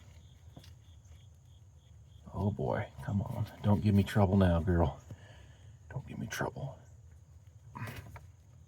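Someone talks while pushing a spark plug wire boot onto a spark plug on a Ford F-150 4.2L V6 during a tune-up of the plugs and wires. A steady high-pitched tone runs in the background, and small handling ticks come near the end at about 7.8 and 8.2 s. Nothing has seated or clicked yet.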